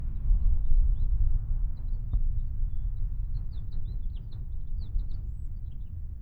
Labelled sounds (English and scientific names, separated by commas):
House Finch (Haemorhous mexicanus) song